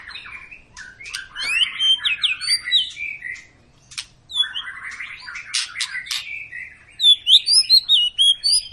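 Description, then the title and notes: White-rumped shama song with dense chattering and whistled phrases, a short pause, more chattering, then a loud series of clear repeated high whistles. Long lure song of a vigorously singing (gacor) shama, used to stimulate other birds to sing. "Pancingan Murai Batu Gacor Panjang. muraiku"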